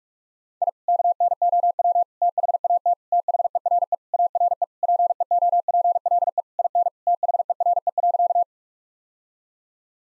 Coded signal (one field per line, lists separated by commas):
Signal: Morse code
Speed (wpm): 41 wpm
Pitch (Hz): 700 Hz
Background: none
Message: I KNOW THAT THERE ARE PEOPLE IN THERE.